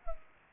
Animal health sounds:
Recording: mosquito wingbeat signal from an infrared sensor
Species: Culex pipiens

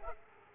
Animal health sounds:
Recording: mosquito wingbeat signal from an infrared sensor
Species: Aedes aegypti

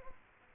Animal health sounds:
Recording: mosquito wingbeat signal from an infrared sensor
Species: Aedes aegypti

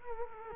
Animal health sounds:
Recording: mosquito wingbeat signal from an infrared sensor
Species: Culex quinquefasciatus

